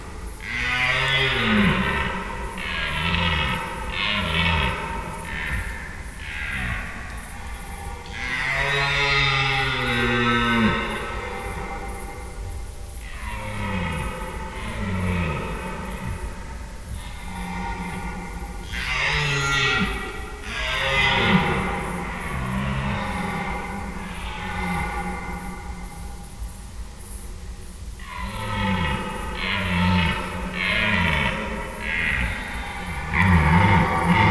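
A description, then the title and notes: Red deer stags bellow and roar one after another through the rut, deep groaning calls with rising and falling pitch, some long, some in short grunting bursts. The calls overlap almost continuously over a steady low rumble, with a few harsher, brighter roars. Stags on the Rut. An extract from an overnight recording of red deer stags calling during the rut. Recorded in Schönbuch, near Tübingen, DE, in September 2023.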